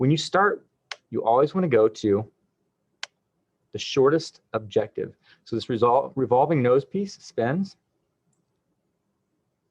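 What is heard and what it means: Someone talks while a microscope's revolving nosepiece is spun to bring the shortest (scanning) objective lens into place against its detent on the microscope body, with a brief sharp tick near 3.0 seconds. The clip ends before the nosepiece reaches position, so nothing has seated or clicked into place yet.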